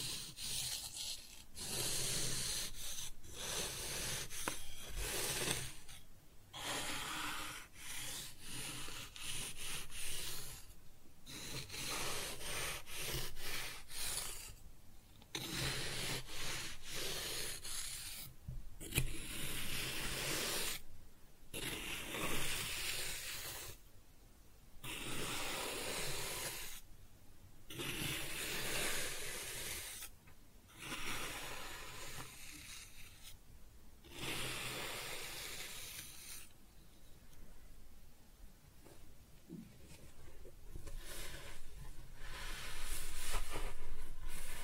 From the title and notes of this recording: ASMR Kinetic Sand Cutting and Scooping Sounds (No Talking).